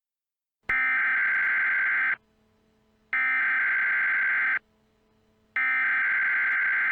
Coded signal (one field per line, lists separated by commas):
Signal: Emergency Alert System (SAME) tones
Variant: header bursts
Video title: [OLD] EAS SCENARIO: PETA UPRISING